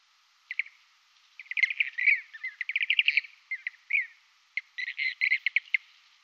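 Blue-cheeked bee-eater song, a busy run of rolling, burry chirps and trills, briefly pausing, then a final rapid burst of rattled notes.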